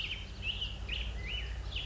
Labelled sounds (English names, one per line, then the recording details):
Black-headed Grosbeak
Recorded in Sonoma County, California